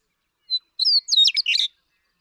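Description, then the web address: Western meadowlark song, a short whistled lead-in note followed by a bright, fast jumble of liquid, gurgling notes lasting about a second. "birdsongforthecurious Western Meadowlark"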